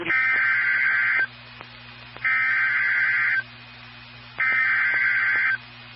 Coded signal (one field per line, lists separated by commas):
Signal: Emergency Alert System (SAME) tones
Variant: header bursts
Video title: Two Severe Thunderstorm Warnings (Double Header) (EAS #638 & 639)